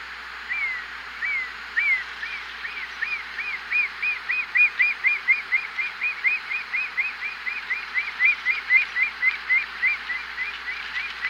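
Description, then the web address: Black-chested buzzard-eagle calling in a long, rapid series of short, sharp notes, slightly uneven, over a constant hiss. South America. "Natures Songs S America Black-Chested Hawk"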